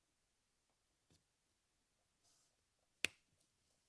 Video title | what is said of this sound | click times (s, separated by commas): Comment sertir une fiche MC4 photovoltaïque | On va entendre un petit clic. | 3.0 s